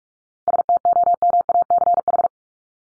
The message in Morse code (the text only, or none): STOMACH